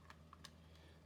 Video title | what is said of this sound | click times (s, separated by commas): Halo World of Halo Assembling Shade Turret with Grunt Assault | And that will just click right in. | 0.4 s